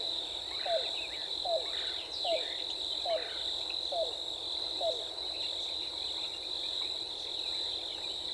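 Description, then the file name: Yellow-billed cuckoo producing six evenly spaced, short, falling hollow notes just under a second apart, with a persistent high insect drone and faint chips. Recorded 14 April 2018. "2018-04-14 YBCU"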